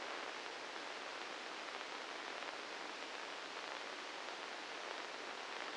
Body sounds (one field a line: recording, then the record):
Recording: brain microelectrode recording played as sound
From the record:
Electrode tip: inside the subthalamic nucleus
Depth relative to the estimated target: 2 mm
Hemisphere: left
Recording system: NeuroSet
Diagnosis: Parkinson's disease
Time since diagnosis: 9 years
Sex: male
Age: 61 years